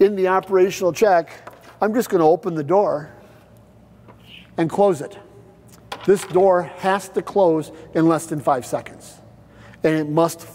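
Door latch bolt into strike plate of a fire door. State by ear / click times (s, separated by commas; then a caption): seated / 5.9 s. A swinging fire door is let close during an operational check, and its latch bolt engages the strike plate with a sharp click at 5.9 s. Someone talks before and after the click. The fire door latch catches on closing and is confirmed latched.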